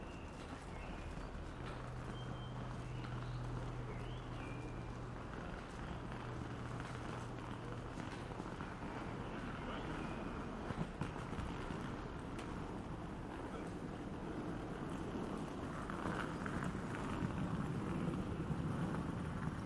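A busy city square with a steady wash of traffic and murmuring activity, dense and fairly even throughout. A low engine hum drones for several seconds early on, and scattered clicks and knocks, possibly footsteps or hooves, punctuate the middle and later stretches.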